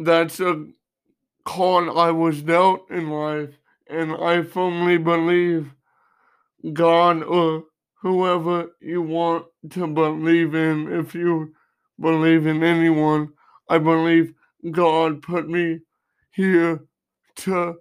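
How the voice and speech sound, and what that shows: A man with cerebral palsy speaks in short, choppy phrases broken by frequent pauses, with a narrow, fairly flat pitch and some drawn-out vowels. The halting rhythm and prolonged sounds fit mild dysarthria.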